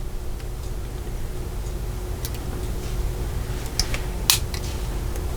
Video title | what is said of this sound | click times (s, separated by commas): 40th Anniversary of Knight Rider FanHome Presents Build the Legendary K.I.T.T. Pack 1, SAMPLE | And they kind of snap in place a little bit. | 4.3 s